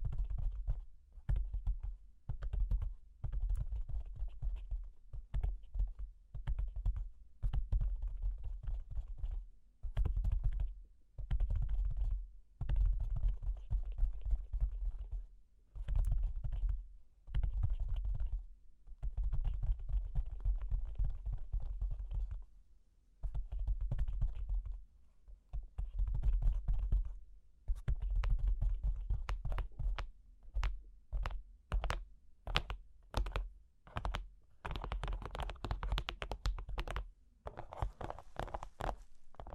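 Cork and wood tapping with scratching and tracing, in quick bursts of dry clicks and rubbing separated by brief silences. The taps come irregularly, thickening toward the end into sharper, brighter strikes, over a constant low rumble.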